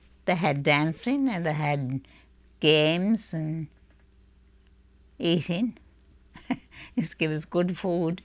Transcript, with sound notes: They had dancing and they had games and eating. ( she laughs ) They gave us good food.